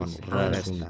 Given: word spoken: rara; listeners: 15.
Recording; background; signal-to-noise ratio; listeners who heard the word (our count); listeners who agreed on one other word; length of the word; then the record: one Spanish word in noise, from a listening test; four-talker babble; -0.3 dB; 0 of 15; 6 of 15; 0.50 s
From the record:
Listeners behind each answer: 6, 2, 1, 1, 1, 1, 1, 1, 1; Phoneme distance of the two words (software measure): 7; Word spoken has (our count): 2 syllables, 4 phonemes, stress on syllable 1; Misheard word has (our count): 2 syllables, 5 phonemes, stress on syllable 1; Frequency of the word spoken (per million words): 21.94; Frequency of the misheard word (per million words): 8.42